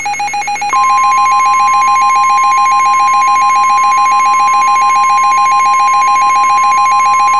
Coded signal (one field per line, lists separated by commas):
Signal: Emergency Alert System (SAME) tones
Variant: 1050 Hz attention tone